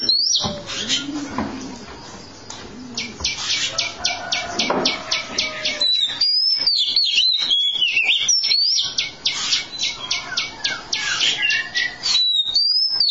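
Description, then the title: Oriental magpie-robin song mixing fast trains of repeated clicking notes with clear, wavering whistles, low cooing audible in the opening seconds. "Kacer"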